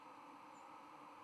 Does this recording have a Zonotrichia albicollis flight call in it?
yes